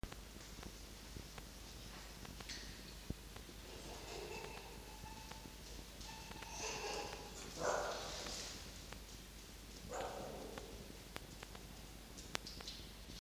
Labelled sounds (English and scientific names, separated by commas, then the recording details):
Red Fox (Vulpes vulpes)
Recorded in captivity
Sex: female
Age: juvenile
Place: Zoologisches Institut der HUB, Berlin, DE
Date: 1953-06-22 18:15
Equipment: Elmetra
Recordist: Tembrock, Günter
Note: Quick (bevor sie Fleisch nimmt, das Fanny versteckt): zweimal offenes Bellen